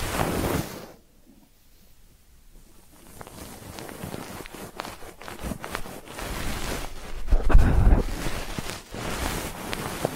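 Ear cleaning sounds, with loud rustling and rubbing up to about a second, then near silence for a couple of seconds. Soft scratching and crackling taps return and build, growing thick and rumbling around eight seconds before easing slightly toward the end.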